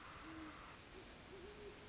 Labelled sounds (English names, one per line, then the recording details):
Great Horned Owl
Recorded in Sonoma County, California